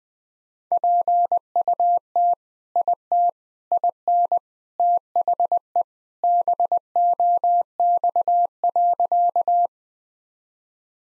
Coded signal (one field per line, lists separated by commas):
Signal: Morse code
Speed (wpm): 21 wpm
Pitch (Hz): 700 Hz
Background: none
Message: PUT IT IN THE BOX.